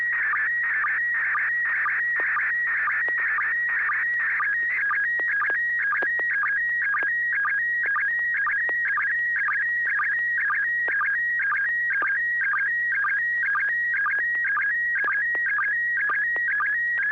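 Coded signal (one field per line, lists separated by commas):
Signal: SSTV (slow-scan television)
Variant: PD120 mode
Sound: warbling, chirping tone with steady ticking sync pulses about twice a second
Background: low hum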